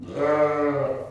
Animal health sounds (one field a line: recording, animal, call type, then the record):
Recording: contact call of a hoofed animal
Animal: sheep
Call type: low-frequency (closed-mouth) or high-frequency (open-mouth) call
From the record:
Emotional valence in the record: negative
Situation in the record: short social isolation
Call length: 1.11 s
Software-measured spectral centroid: 1210 Hz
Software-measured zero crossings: 1250 a second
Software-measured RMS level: -23 dBFS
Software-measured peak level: -11 dBFS